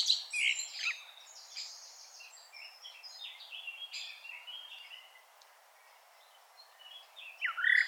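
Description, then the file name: Blackbird song: quieter jumbled twittering and warbled notes, a pause, then the start of a louder rising phrase. "Turdus merula"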